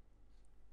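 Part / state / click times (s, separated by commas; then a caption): cylinder tube piece fitted onto the tail gear retraction mechanism of a model aircraft / not seated / none. A cylinder-and-rod piece is being fitted onto the tail-gear retraction mechanism of an Agora Models Mitsubishi A6M Zero model aircraft, pushed in from the other side. Only faint handling rustles over a steady low hum are heard. Nothing has seated or clicked yet.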